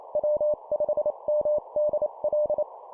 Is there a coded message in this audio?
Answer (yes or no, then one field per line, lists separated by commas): yes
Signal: Morse code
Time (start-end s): 0.2-2.6 s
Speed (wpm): 28 wpm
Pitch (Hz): 600 Hz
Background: none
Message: W5MDL